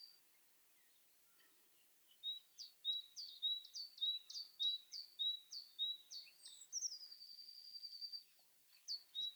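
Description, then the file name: Great tit calls: quiet, high two-part notes repeated in a quick series, then a long, fast, even trill, and a few more paired notes at the end. "Parus major"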